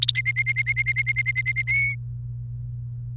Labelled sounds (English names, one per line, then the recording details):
Domestic Canary song
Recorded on 28 April 2018 at 16:40
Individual llb3